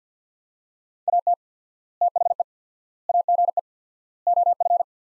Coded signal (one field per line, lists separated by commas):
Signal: Morse code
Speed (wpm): 50 wpm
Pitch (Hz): 700 Hz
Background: none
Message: AT THE AGE OF